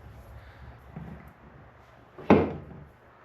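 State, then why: Seated. A torque converter is pushed and rotated onto the input shaft and pump of a home-built TH400 automatic transmission, with low scraping and shuffling before a sharp metallic clunk at 2.3 s. That is the second engagement click, and the converter is fully seated.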